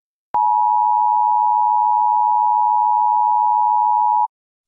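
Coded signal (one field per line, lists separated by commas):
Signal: Emergency Alert System (SAME) tones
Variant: 853 and 960 Hz attention tone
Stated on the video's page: Fictional Emergency Alert System scenario with a civil danger warning.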